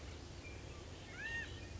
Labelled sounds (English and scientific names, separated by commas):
California Quail (Callipepla californica)